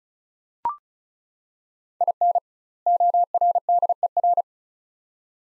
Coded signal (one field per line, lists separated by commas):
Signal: Morse code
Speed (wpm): 36 wpm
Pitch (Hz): 700 Hz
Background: none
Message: IN ORDER